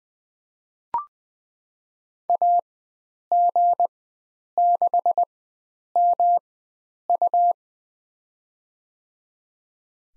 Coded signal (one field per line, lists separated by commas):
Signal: Morse code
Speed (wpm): 20 wpm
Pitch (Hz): 700 Hz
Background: none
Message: AG6MU